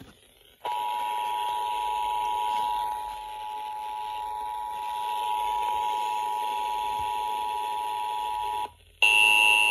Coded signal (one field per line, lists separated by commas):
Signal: Emergency Alert System (SAME) tones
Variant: 853 and 960 Hz attention tone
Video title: EAS 371 - North Anna Siren Test Required Monthly Test